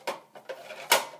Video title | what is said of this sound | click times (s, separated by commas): Paderno World Cuisine Spiral Vegetable Slicer | and once they're in there they snap into place so they're not going to fall out | 0.9 s